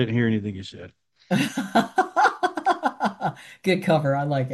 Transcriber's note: laughs